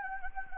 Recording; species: mosquito wingbeat signal from an infrared sensor; Anopheles gambiae